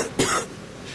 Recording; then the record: coughing mixed with background sound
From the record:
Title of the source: 30 Chesty and wet cough